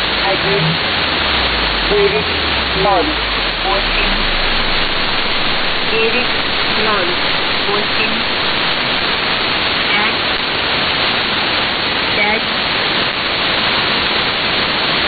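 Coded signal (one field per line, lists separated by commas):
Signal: numbers station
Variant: S06s, Russian female voice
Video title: 25 06 2019 S06s Russian Lady numbers station in Russian to Eu 0730 on 7365 unknown tx site USB+AM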